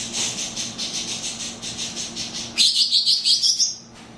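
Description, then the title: Greater green leafbird song: evenly pulsing high notes repeated several times per second, then a brighter series of clear whistled notes rising slightly before stopping. "Burung Cucak Ijo"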